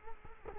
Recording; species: mosquito wingbeat signal from an infrared sensor; Culex quinquefasciatus